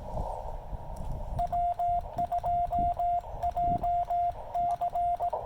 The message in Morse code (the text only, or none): W2JC